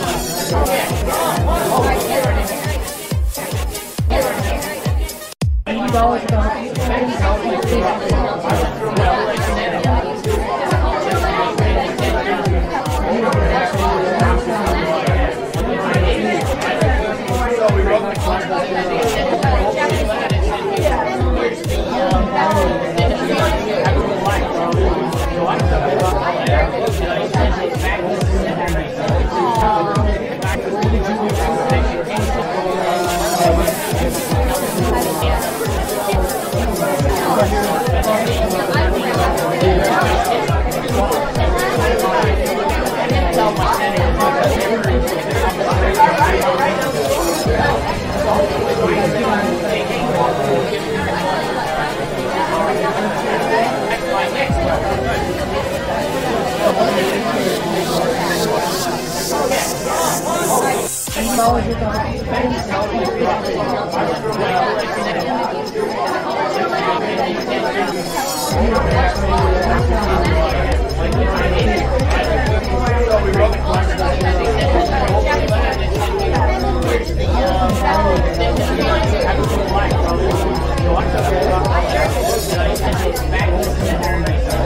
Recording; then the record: background sound without coughing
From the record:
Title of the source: Nightlife Party Simulating Party Club Noise 1 Hour